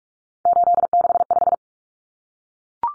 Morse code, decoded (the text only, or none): 865